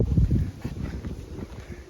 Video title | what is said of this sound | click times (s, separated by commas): 2006 mini cooper s r50 r52 r53 taillight Amazon led Union Jack r56 style lights: how to install | Oh my god, you shove it in there until you hear it click, I think. | 0.0 s